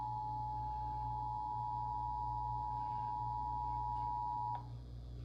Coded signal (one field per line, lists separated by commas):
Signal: Emergency Alert System (SAME) tones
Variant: 853 and 960 Hz attention tone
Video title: ALOT OF RMTs (EAS 190-199)